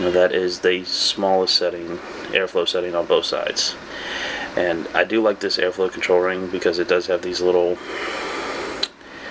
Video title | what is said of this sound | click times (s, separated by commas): Subox Mini Kit Review | in place it's not going to go anywhere it actually clicks into place so | 8.8 s